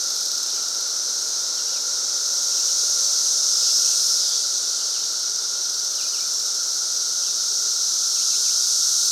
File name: Fox Ridge Bluff Cicadas at 3. 52 PM on Memorial Day 2024